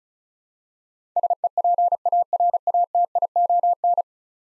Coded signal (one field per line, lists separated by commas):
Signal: Morse code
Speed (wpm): 36 wpm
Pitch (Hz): 700 Hz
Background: none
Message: SEPARATION